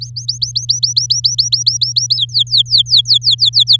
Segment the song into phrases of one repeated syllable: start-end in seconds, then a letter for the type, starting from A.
0.01-2.17 A, 2.17-3.77 B